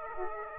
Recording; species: mosquito wingbeat signal from an infrared sensor; Aedes aegypti